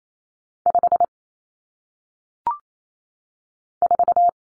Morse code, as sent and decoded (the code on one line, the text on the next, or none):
..... / ....-
5 4